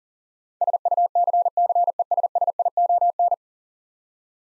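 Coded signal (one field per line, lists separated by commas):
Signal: Morse code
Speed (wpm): 37 wpm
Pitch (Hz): 700 Hz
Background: none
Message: SUCCESSION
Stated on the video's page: Morse head-copy drill of ten-letter words at 40 wpm, each word sent, spoken, then sent again.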